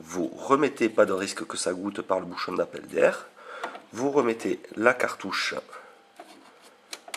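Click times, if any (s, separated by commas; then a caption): none. A refillable plastic ink cartridge is handled before going back into the carriage of an Epson SX130 inkjet printer while someone talks. A few faint short taps sound near the end, around 6.2 to 7.1 seconds, but the cartridge has not been pushed home and nothing has seated or clicked yet.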